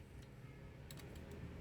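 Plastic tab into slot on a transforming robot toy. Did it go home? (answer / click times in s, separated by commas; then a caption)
no / none. A plastic tab is pushed toward a slot on a part of a Baiwei TW-1036 Animated Optimus Prime transforming robot toy, making a couple of faint ticks around 0.9 and 1.0 s over a low background hum. The tab does not fit or lock in, so nothing has seated or clicked yet; it will only lock once the figure is completed.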